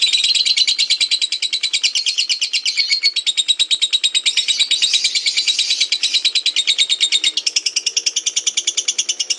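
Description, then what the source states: Lovebird giving a continuous, fast pulsed chatter of high rasping notes, unbroken for the whole stretch. Lutino lovebird giving the ngekek chattering call; recording used for training birds.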